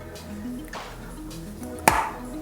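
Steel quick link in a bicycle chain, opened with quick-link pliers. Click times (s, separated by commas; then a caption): 1.9 s. Quick-link pliers are squeezed on a steel quick link in a bicycle chain to unlatch it, with music playing in the background. A sharp click is heard at 1.9 s as the quick link releases open, after a softer tap around 0.7 s. The click shows the link is not worn, since no click would mean a worn link.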